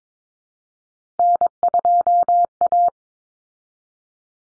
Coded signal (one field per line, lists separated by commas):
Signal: Morse code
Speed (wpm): 22 wpm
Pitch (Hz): 700 Hz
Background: none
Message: N2A